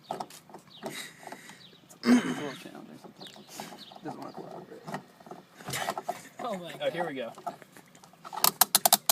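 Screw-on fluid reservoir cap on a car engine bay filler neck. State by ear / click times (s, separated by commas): torque reached / 8.4 s, 8.6 s, 8.8 s, 8.9 s, 9.1 s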